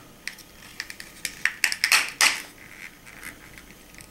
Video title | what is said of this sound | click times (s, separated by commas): xbox mod from software to hardware full tutorial all steps explained. | it snaps in place | 1.5 s, 1.6 s, 1.8 s